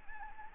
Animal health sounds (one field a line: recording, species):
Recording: mosquito wingbeat signal from an infrared sensor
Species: Anopheles arabiensis